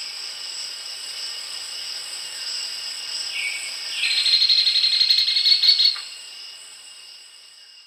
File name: black and buff woodpecker